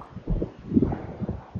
The sound of a fetus's heartbeat as it slowly grows inside the womb.